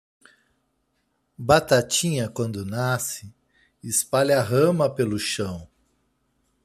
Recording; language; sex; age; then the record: short text; Brazilian Portuguese; male; 50 to 59 years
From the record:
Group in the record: control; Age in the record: 51 years